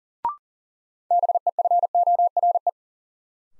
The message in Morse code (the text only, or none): BEFORE